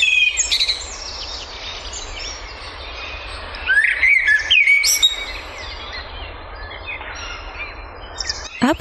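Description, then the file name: Common house martin calls: scattered, uneven bursts of dry chirping twitters over a steady background hiss. "HIRONDELLE DES FENETRES"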